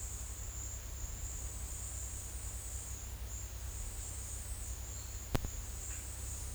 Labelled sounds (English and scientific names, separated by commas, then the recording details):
none
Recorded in dense forest near Puerto Asís, Putumayo, Colombia, on 19 February 2024 at 12:00
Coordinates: 0.485, -76.322
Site G6406